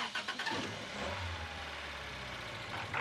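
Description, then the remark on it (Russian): The engine of a passenger Honda car, rusted in several places, cranks in a quick series of rough, rhythmic bursts, briefly catches with a low sputtering rumble, then dies away, leaving a steady hiss. “Несколько раз дернувшись, машина замирает.”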